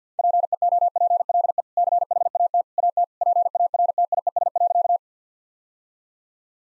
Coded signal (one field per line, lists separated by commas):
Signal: Morse code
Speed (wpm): 50 wpm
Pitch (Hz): 700 Hz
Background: none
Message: PEOPLE CHAT AT PARTIES.